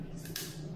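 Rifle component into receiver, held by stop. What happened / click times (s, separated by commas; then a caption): The metal part latched into place / 0.4 s. A rifle component is pressed slightly into the receiver of a Grand Power F4 piston AR rifle during reassembly until the stop engages. A faint tap at 0.3 s is followed by a sharp broadband click at 0.4 s over a steady low hum. The part latches into place and is held by the stop.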